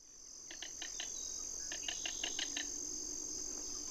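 King rail giving a short series of dry, clicking kek notes in two bursts, four quick notes then six, over a steady high insect drone.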